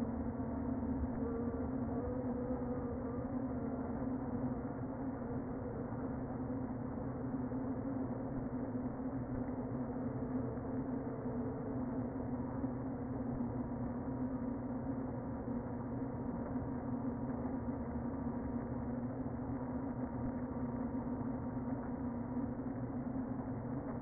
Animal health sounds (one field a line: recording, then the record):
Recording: honeybee colony, microphone inside the hive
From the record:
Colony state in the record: queen present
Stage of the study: before two queens were removed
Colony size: about 60,000 bees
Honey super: yes